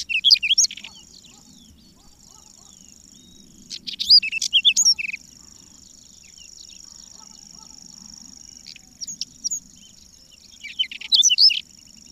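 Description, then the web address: Whinchat delivering short scratchy, whistled verses at irregular intervals, with a continuous thin high-pitched whine throughout. "agykontroll Madardalok Cd 3. Rozsdás csuk"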